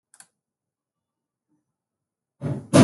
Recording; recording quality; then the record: counting at a normal pace; poor, much background noise or distortion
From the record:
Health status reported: healthy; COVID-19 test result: not tested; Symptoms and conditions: cough, cold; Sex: female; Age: 25 years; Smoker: not ticked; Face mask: not worn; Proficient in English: yes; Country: India